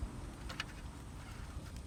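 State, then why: Not seated. A plastic wheel skin (cover) is handled near a car wheel on a 2008 Accord EX-L, with low, steady background rumble and a couple of faint, brief broadband taps around 0.5 to 0.6 seconds. Nothing has seated or snapped into place yet.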